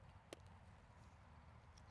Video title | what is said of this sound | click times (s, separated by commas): Add Irrigation Emitters for Specific Plants in Your Straw Bale Garden | you'll hear it snap when you get that | 0.3 s